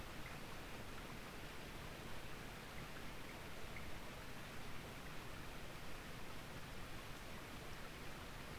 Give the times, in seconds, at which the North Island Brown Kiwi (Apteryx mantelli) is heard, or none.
none